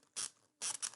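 The plastic snap catches on an Arrows RC SZD-54 glider's wing panel are pushed while the panel is wiggled and pulled off the fuselage joiner, giving two bursts of bright, broadband ratcheting clicks. The catches click at 0.3, 0.7, 0.9 and 0.9 seconds as they let go, and the wing comes back out.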